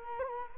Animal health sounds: mosquito wingbeat signal from an infrared sensor; Culex quinquefasciatus

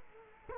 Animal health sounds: mosquito wingbeat signal from an infrared sensor; Culex quinquefasciatus

